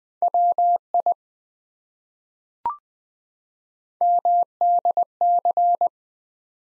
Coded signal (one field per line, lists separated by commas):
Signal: Morse code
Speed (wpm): 20 wpm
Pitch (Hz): 700 Hz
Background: none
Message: WI MDC